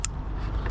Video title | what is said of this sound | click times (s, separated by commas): Ford Ranger main beam piggyback loom installation | push it in. You'll hear a click | 0.1 s